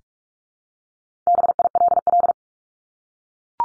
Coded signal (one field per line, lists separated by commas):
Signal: Morse code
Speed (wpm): 44 wpm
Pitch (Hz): 700 Hz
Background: none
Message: BILL